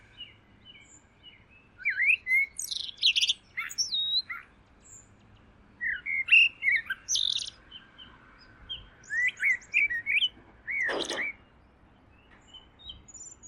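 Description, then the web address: Bird song: repeated warbled phrases with high chips and sharp clicks, plus a loud snap near the end. "Deverinetal. Bird Only"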